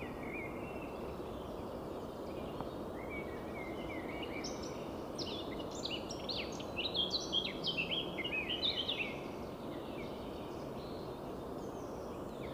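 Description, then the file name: Eurasian blackcap song, a rich warble of quick varied notes building in the middle seconds, heard above a constant noisy background hiss. "Sylvia atricapilla"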